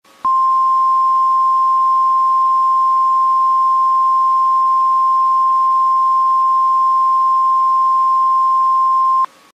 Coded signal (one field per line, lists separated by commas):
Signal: Emergency Alert System (SAME) tones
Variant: 1050 Hz attention tone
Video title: EAS Alarms ¿Real or Fake? Part 6